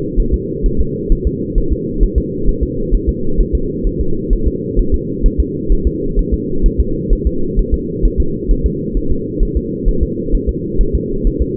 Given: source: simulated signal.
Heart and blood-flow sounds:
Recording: fetal heart sounds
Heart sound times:
0.20 s: S1
0.34 s: S2
0.66 s: S1
0.81 s: S2
1.12 s: S1
1.27 s: S2
1.58 s: S1
1.73 s: S2
2.03 s: S1
2.18 s: S2
2.49 s: S1
2.63 s: S2
2.95 s: S1
3.09 s: S2
3.40 s: S1
3.55 s: S2
3.87 s: S1
4.01 s: S2
4.33 s: S1
4.48 s: S2
4.79 s: S1
4.94 s: S2
5.26 s: S1
5.40 s: S2
5.72 s: S1
5.87 s: S2
6.19 s: S1
6.34 s: S2
6.66 s: S1
6.81 s: S2
7.13 s: S1
7.27 s: S2
7.59 s: S1
7.74 s: S2
8.05 s: S1
8.20 s: S2
8.51 s: S1
8.66 s: S2
8.97 s: S1
9.12 s: S2
9.43 s: S1
9.57 s: S2
9.89 s: S1
10.03 s: S2
10.34 s: S1
10.49 s: S2
10.81 s: S1
10.95 s: S2
11.27 s: S1
11.42 s: S2
From the record:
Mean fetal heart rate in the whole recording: 130 bpm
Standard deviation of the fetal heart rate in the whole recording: 2 bpm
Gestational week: 38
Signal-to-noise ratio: -8.1 dB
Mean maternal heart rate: 72 bpm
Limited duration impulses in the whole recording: absent

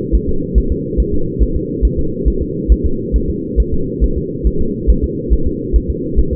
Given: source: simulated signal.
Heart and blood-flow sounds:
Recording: fetal heart sounds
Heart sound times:
0.15 s: S1
0.29 s: S2
0.58 s: S1
0.72 s: S2
1.00 s: S1
1.14 s: S2
1.42 s: S1
1.56 s: S2
1.85 s: S1
1.99 s: S2
2.28 s: S1
2.42 s: S2
2.72 s: S1
2.86 s: S2
3.16 s: S1
3.30 s: S2
3.60 s: S1
3.74 s: S2
4.04 s: S1
4.17 s: S2
4.47 s: S1
4.61 s: S2
4.90 s: S1
5.04 s: S2
5.33 s: S1
5.47 s: S2
5.76 s: S1
5.90 s: S2
6.19 s: S1
6.33 s: S2
From the record:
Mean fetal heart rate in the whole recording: 140 bpm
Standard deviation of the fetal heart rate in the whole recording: 2 bpm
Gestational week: 34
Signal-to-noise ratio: -8.1 dB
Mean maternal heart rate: 72 bpm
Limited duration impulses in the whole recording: absent

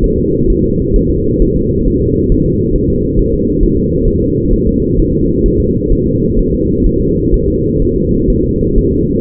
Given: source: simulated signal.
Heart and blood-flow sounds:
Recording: fetal heart sounds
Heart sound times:
0.04 s: S1
0.18 s: S2
0.50 s: S1
0.64 s: S2
0.96 s: S1
1.10 s: S2
1.42 s: S1
1.56 s: S2
1.88 s: S1
2.02 s: S2
2.32 s: S1
2.46 s: S2
2.76 s: S1
2.90 s: S2
3.19 s: S1
3.33 s: S2
3.63 s: S1
3.77 s: S2
4.08 s: S1
4.22 s: S2
4.53 s: S1
4.68 s: S2
4.99 s: S1
5.13 s: S2
5.46 s: S1
5.60 s: S2
5.93 s: S1
6.07 s: S2
6.39 s: S1
6.53 s: S2
6.87 s: S1
7.01 s: S2
7.34 s: S1
7.48 s: S2
7.82 s: S1
7.96 s: S2
8.30 s: S1
8.44 s: S2
8.78 s: S1
8.93 s: S2
From the record:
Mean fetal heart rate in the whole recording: 130 bpm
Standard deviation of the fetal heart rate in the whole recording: 4 bpm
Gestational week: 38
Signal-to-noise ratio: -14.7 dB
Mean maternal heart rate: 72 bpm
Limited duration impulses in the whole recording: present

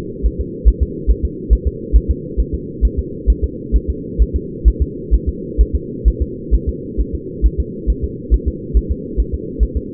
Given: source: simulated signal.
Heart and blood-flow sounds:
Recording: fetal heart sounds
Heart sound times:
0.26 s: S1
0.41 s: S2
0.68 s: S1
0.82 s: S2
1.11 s: S1
1.25 s: S2
1.53 s: S1
1.67 s: S2
1.96 s: S1
2.11 s: S2
2.40 s: S1
2.55 s: S2
2.85 s: S1
2.99 s: S2
3.30 s: S1
3.44 s: S2
3.76 s: S1
3.90 s: S2
4.22 s: S1
4.36 s: S2
4.68 s: S1
4.82 s: S2
5.14 s: S1
5.29 s: S2
5.61 s: S1
5.75 s: S2
6.08 s: S1
6.22 s: S2
6.55 s: S1
6.69 s: S2
7.00 s: S1
7.15 s: S2
7.46 s: S1
7.60 s: S2
7.90 s: S1
8.04 s: S2
8.34 s: S1
8.48 s: S2
8.77 s: S1
8.91 s: S2
9.20 s: S1
9.34 s: S2
9.63 s: S1
9.77 s: S2
From the record:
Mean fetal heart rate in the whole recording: 135 bpm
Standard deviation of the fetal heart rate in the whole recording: 3 bpm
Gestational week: 34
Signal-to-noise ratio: -4.1 dB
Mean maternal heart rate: no maternal heart sound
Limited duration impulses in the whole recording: absent

